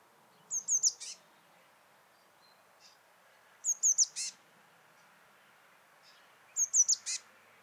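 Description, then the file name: Eurasian blue tit giving short clusters of thin, high chittering notes, three bursts about three seconds apart, with steady low background noise. "Cyanistes caeruleus"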